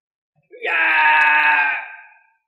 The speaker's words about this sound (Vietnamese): Gã kêu thảm thiết, làm cho một vị cao thủ hoàng đạo hét thảm như vậy, có thể nghĩ mà biết gã phải chịu đựng thống khổ tới mức nào.